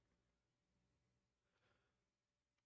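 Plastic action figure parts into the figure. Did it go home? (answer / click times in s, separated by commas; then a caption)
no / none. Plastic parts are fitted onto a newly opened action figure, producing a few faint ticks and soft handling noise over a low, steady hum, with a brief broadband rustle around 1.6 seconds. Nothing has seated or clicked into place yet; the parts are not clicked in right.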